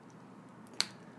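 The stiff half-length extension link in the steel bracelet clasp of a Pagani Design 'Daytona' watch is prised open by hand, with a faint tick at 0.7 s before it releases in a single sharp, bright snap at 0.8 s. The extension is now open, adding about 5 millimetres of length, over a low steady background hum.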